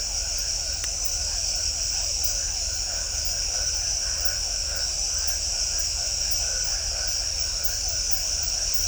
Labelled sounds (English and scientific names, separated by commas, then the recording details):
none
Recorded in shrubland near Pivijay, Magdalena, Colombia, on 1 June 2023 at 22:30
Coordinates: 10.453, -74.365
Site P5-G022